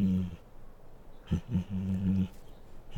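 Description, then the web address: Bengal tiger growling, low throaty rumbles in two long pulses separated by short sharp snarling breaths. Female; growls and snarls. "Sound Ideas Tigers Sound Effects"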